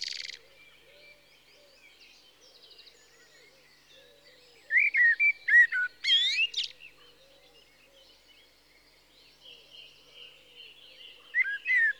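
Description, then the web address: Common blackbird giving a short mellow whistled phrase with a high twittering ending amid quieter chirps, then a few brief closing notes. "The BBC Sound Effects Library. Blackbird (Turdus Merula)"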